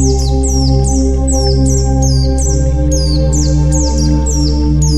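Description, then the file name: White-eye song: crisp, high downslurred notes repeated in a brisk series, over a constant low hum. White-eye 'terapi' (therapy) song. "terapi pleci"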